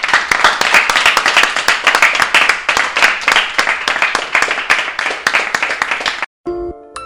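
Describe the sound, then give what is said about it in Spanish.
A crowd claps steadily for about six seconds in applause for the Murcian team's star Special Olympics athlete, a dense, crackling patter of many hands that stops abruptly and gives way to a short, faint tonal sound. “Bueno, bueno, pues con esta noticia, con esta representación, yo creo que nuestro deportista estrella de la selección murciana se merece poco menos que un aplauso.”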